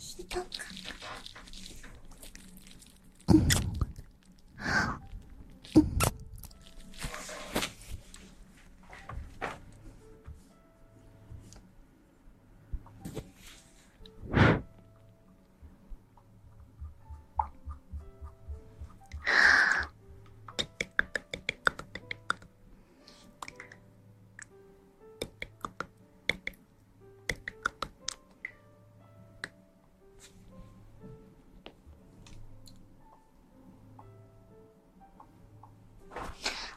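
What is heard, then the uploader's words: Ear cleaning and massage with soft rubbing and scratching, sharp crackles and loud thumps around 3–15 and 19 seconds, then quick light taps. ASMR Ear cleaning & Ear massage.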